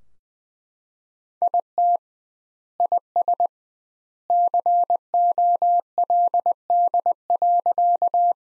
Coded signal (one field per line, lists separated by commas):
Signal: Morse code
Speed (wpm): 20 wpm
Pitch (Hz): 700 Hz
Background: none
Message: IT IS COLD.